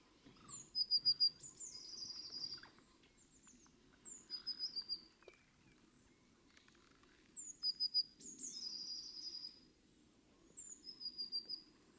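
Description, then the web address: Eurasian blue tit song: high thin opening notes then a fast buzzy trill, in four phrases roughly every three seconds over a low steady rumble. "SETE data Cyanistes caeruleus"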